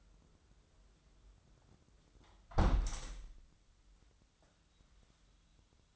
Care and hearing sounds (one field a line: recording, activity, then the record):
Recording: daily activity, microphone in the room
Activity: close window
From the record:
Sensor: 3